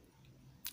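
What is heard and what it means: A metal ring is put back over the metal spring of an interlocking puzzle and turned clockwise until it locks in place. A quiet, low scraping hum leads to one sharp, bright click at 0.7 seconds as the ring seats onto the spring.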